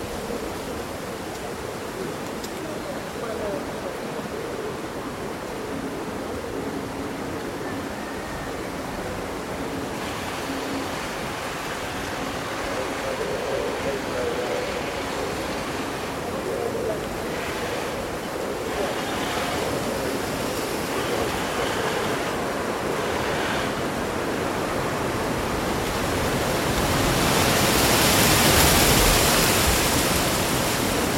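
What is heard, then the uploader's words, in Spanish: Wind on a summer day rustles through leaves in a steady, dense hiss that stays fairly even for most of the clip. Around the middle it thickens with brief brighter rushes, and near the end a stronger gust swells louder before easing slightly. Un bosque bañado por el sol.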